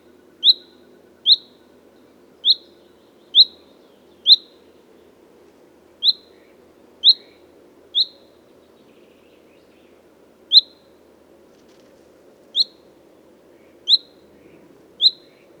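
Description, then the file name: Common chaffinch call notes, crisp high 'pink' sounds in uneven runs with a few longer pauses, over a faint low hum. "Fringilla coelebs"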